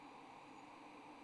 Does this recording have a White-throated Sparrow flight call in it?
no